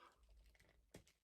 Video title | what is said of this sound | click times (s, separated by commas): UNBOXING Vasapo! From the HIT new toy line - Armies of Ashmore | That one snapped in really good. | 1.0 s